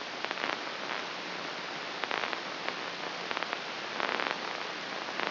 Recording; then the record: brain microelectrode recording played as sound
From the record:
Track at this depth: inside the subthalamic nucleus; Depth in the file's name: 2.733 mm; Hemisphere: left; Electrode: 3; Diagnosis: Parkinson's disease